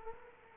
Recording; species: mosquito wingbeat signal from an infrared sensor; Culex quinquefasciatus